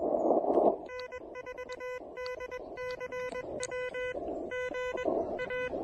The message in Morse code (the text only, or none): N4DCW GA